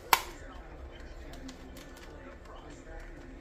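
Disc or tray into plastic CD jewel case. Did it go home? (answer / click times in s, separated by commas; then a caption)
yes / 0.1 s. A plastic part, the disc or tray of a loose PS1 game, is pressed into a plastic double CD jewel case during refitting. A sharp snap at 0.1 s is followed by quiet low rumble and a faint tick near 1.5 s. The part locks into place and does not fall out.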